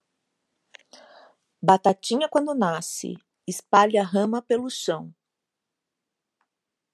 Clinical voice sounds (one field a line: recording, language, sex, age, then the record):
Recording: short text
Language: Brazilian Portuguese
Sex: female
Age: 40 to 49 years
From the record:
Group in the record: control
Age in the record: 47 years